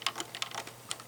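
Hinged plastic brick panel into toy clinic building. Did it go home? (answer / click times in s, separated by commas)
no / none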